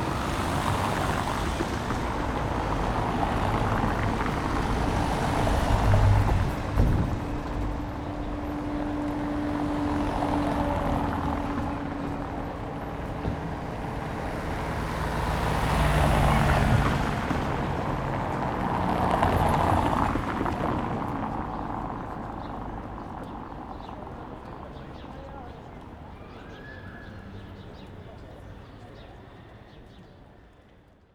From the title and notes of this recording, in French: Son d'une voiture qui passe devant le micro (mono).